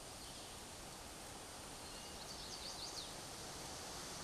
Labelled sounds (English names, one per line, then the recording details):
Chestnut-sided Warbler song
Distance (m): 65 m
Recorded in a Pennsylvania forest on 17 May 2023 at 14:05
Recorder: AudioMoth, point grid1_28_low
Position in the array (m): 107 m, 125 m